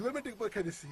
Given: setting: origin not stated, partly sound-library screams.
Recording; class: one-second piece from a danger detection set; normal situation